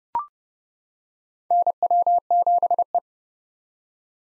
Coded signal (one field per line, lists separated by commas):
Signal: Morse code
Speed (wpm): 29 wpm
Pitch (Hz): 700 Hz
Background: none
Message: NW7E